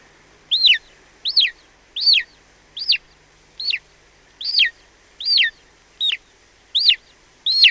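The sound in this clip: Golden eagle calling: a series of about ten high, thin, downslurred yelps, each starting sharply then dropping, spaced under a second apart against a quiet background.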